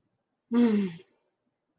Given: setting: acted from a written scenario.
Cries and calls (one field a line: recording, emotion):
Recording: vocal sound without words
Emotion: ecstasy